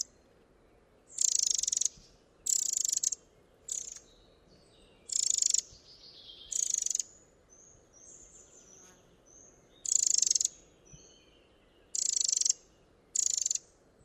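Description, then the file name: Eurasian wren giving several loud, high, scratchy bursts at irregular intervals, with a few faint thin notes in the quieter gaps. "Troglodytes troglodytes"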